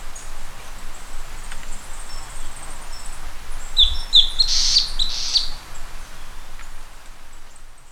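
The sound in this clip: Bird calling in a short cluster of high, quick chirps near the middle, set against constant low-pitched background noise.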